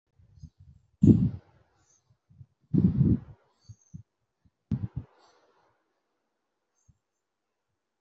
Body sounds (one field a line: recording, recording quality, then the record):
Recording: shallow breathing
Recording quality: excellent, no background noise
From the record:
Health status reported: COVID-19 positive, moderate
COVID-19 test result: positive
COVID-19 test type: RT-PCR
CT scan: taken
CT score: 1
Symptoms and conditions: fever, fatigue, loss of smell and taste, another condition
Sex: female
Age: 30 years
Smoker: no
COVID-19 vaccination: both doses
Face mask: worn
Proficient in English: yes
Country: India